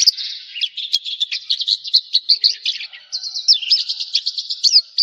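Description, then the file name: Javan bush lark pouring out an unbroken, rapid high warble of chirps and slurred whistles with hardly any pause. "suara burung branjangan jawa"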